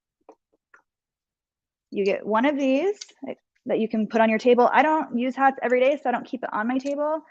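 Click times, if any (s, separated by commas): 0.3 s, 0.7 s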